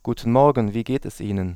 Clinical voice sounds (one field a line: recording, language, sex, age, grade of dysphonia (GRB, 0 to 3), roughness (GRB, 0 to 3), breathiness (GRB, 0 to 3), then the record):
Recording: spoken sentence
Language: German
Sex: male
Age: 30 to 39 years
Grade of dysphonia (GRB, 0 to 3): 0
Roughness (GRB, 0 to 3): 0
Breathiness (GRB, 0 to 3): 0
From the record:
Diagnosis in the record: contact pachydermia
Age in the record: 31 years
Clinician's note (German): Kontaktpachydermie ohne "Kontaktpachydermie" bei Stimmberuf